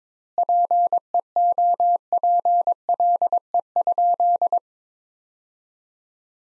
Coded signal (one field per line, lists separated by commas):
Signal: Morse code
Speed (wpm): 22 wpm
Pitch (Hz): 700 Hz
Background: none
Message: PEOPLE?